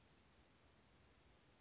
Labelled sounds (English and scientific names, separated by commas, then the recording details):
Western Flycatcher (Empidonax difficilis)
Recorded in Sonoma County, California